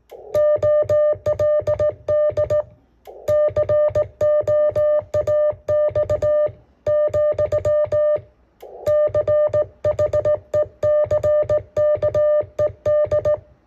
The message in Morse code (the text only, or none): OLD COAX, CHECKED